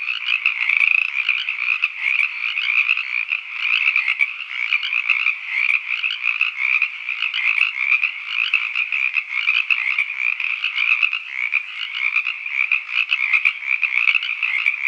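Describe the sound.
Frogs in a steady chorus of fast, overlapping rattling croaks that pulse on without a break.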